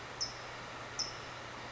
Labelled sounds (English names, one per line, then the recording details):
California Towhee
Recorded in Sonoma County, California